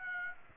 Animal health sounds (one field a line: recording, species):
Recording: mosquito wingbeat signal from an infrared sensor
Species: Aedes aegypti